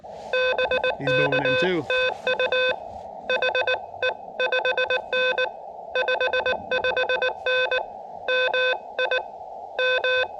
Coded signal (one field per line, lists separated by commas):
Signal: Morse code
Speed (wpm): 19 wpm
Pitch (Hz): 510 Hz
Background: speech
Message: BK TU HE 5N 55N MI M